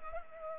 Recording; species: mosquito wingbeat signal from an infrared sensor; Culex pipiens